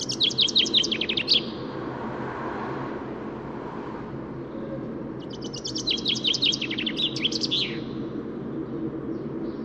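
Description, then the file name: Common chaffinch song: two fast, rattling phrases separated by a long pause, over a steady low rumble like traffic. "Fringilla coelebs"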